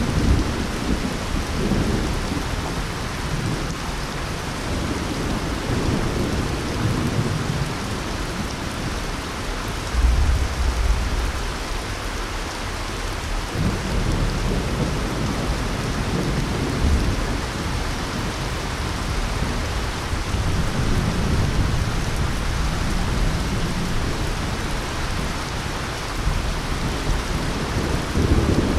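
Heavy rain pounds a glass roof in a dense, steady hiss that never lets up. Low thunder rolls and rumbles underneath throughout, swelling and easing in long waves, with a deeper, closer boom around ten seconds in.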